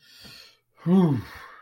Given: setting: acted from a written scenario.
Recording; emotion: vocal sound without words; relief